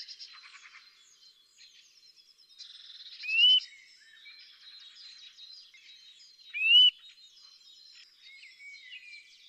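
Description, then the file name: Eurasian nuthatch calls: two loud, sharp, upward-hooked notes about three seconds apart, over faint, busy chirping. "Sitta europaea"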